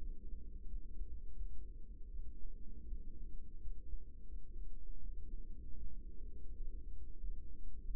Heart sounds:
heart sounds by microphone in the right ear; 84 bpm
0.66 s: heartbeat
1.34 s: heartbeat
2.08 s: heartbeat
2.86 s: heartbeat
3.58 s: heartbeat
4.26 s: heartbeat
4.98 s: heartbeat
5.75 s: heartbeat
6.51 s: heartbeat
7.18 s: heartbeat
7.84 s: heartbeat
From the record:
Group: healthy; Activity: rest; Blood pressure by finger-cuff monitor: 145/69 mmHg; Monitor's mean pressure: 90 mmHg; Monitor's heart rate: 82 bpm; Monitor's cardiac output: 8.1 L/min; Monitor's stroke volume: 98 mL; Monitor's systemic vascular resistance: 820 dyn s/cm5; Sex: female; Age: 24 years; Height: 163 cm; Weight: 55.7 kg

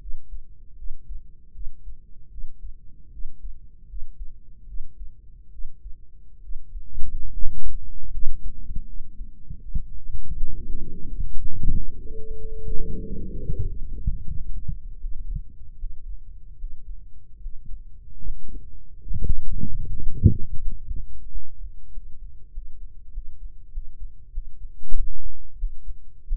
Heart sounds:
heart sounds by microphone in the right ear; 82 bpm
0.74 s: heartbeat
1.50 s: heartbeat
2.28 s: heartbeat
3.09 s: heartbeat
3.85 s: heartbeat
4.64 s: heartbeat
5.49 s: heartbeat
6.39 s: heartbeat
7.29 s: heartbeat
8.09 s: heartbeat
8.83 s: heartbeat
9.58 s: heartbeat
10.35 s: heartbeat
11.05 s: heartbeat
11.70 s: heartbeat
12.34 s: heartbeat
13.00 s: heartbeat
13.63 s: heartbeat
14.24 s: heartbeat
14.98 s: heartbeat
15.76 s: heartbeat
16.56 s: heartbeat
17.38 s: heartbeat
18.20 s: heartbeat
19.02 s: heartbeat
19.83 s: heartbeat
20.59 s: heartbeat
21.27 s: heartbeat
21.89 s: heartbeat
22.49 s: heartbeat
23.09 s: heartbeat
23.69 s: heartbeat
24.30 s: heartbeat
24.92 s: heartbeat
25.56 s: heartbeat
26.25 s: heartbeat
From the record:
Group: healthy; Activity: rest 0-10 s, breath hold 10-26 s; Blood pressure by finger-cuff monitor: 104/69 mmHg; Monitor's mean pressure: 80 mmHg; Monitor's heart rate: 79 bpm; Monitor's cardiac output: 5.7 L/min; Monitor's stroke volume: 73 mL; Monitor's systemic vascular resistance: 950 dyn s/cm5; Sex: female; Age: 23 years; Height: 160 cm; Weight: 50.4 kg

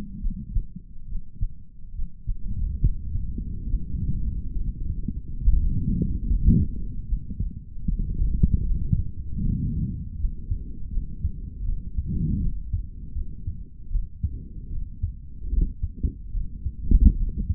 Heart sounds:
heart sounds by stethoscope; 74 bpm
0.19 s: heartbeat
1.05 s: heartbeat
1.92 s: heartbeat
2.79 s: heartbeat
3.66 s: heartbeat
4.53 s: heartbeat
5.41 s: heartbeat
6.26 s: heartbeat
7.06 s: heartbeat
7.86 s: heartbeat
8.64 s: heartbeat
9.41 s: heartbeat
10.17 s: heartbeat
10.90 s: heartbeat
11.64 s: heartbeat
12.39 s: heartbeat
13.13 s: heartbeat
13.90 s: heartbeat
14.69 s: heartbeat
15.50 s: heartbeat
16.31 s: heartbeat
17.15 s: heartbeat
From the record:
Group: healthy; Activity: Valsalva maneuver 0-4 s, rest 4-18 s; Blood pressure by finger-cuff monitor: 105/80 mmHg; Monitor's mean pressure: 89 mmHg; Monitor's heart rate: 74 bpm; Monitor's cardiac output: 3.2 L/min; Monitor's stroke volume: 43 mL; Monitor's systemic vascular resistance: 1630 dyn s/cm5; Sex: male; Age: 55 years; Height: 167 cm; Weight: 57.2 kg

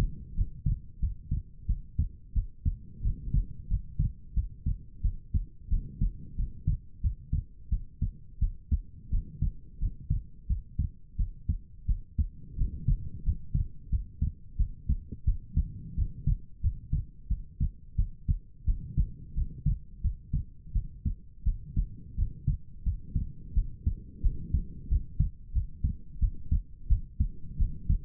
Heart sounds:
heart sounds by stethoscope; 88 bpm
0.34 s: heartbeat
0.99 s: heartbeat
1.66 s: heartbeat
2.33 s: heartbeat
3.01 s: heartbeat
3.67 s: heartbeat
4.33 s: heartbeat
5.01 s: heartbeat
5.69 s: heartbeat
6.35 s: heartbeat
7.00 s: heartbeat
7.69 s: heartbeat
8.39 s: heartbeat
9.09 s: heartbeat
9.78 s: heartbeat
10.46 s: heartbeat
11.16 s: heartbeat
11.86 s: heartbeat
12.56 s: heartbeat
13.23 s: heartbeat
13.89 s: heartbeat
14.56 s: heartbeat
15.24 s: heartbeat
15.94 s: heartbeat
16.60 s: heartbeat
17.27 s: heartbeat
17.95 s: heartbeat
18.64 s: heartbeat
19.34 s: heartbeat
20.01 s: heartbeat
20.72 s: heartbeat
21.43 s: heartbeat
22.15 s: heartbeat
22.83 s: heartbeat
23.53 s: heartbeat
24.21 s: heartbeat
24.88 s: heartbeat
25.52 s: heartbeat
26.19 s: heartbeat
26.87 s: heartbeat
27.57 s: heartbeat
From the record:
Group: healthy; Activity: rest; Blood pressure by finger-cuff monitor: 67/49 mmHg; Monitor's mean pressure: 55 mmHg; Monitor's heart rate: 88 bpm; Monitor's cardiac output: 6.7 L/min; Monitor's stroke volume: 76 mL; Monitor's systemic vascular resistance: 570 dyn s/cm5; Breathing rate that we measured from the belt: 20 breaths a minute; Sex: female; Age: 19 years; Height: 163 cm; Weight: 48.9 kg

